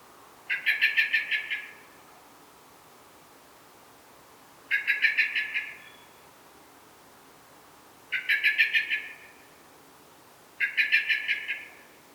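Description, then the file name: Eurasian blackbird giving four loud harsh rattling chatters, each over a second long and made of rapid clacking notes, separated by pauses of one to three seconds. "Turdus merula"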